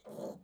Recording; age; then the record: pig call; piglet (1 to 25 days)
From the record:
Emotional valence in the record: negative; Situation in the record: restrain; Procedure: back test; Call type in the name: low-frequency call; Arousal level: medium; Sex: male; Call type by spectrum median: low-frequency call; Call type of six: low-frequency stable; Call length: 0.44 s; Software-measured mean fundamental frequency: 55 Hz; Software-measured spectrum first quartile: 320 Hz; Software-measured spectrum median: 518 Hz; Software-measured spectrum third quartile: 745 Hz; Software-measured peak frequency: 522 Hz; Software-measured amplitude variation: 173 dB a second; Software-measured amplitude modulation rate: 20.5 a second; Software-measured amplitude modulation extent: 8.4 dB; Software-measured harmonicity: 2.2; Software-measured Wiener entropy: 0.04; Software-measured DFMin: 1242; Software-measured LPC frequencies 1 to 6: 539, 3343, 4237, 6635, 7294, 8481 Hz